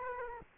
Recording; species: mosquito wingbeat signal from an infrared sensor; Aedes aegypti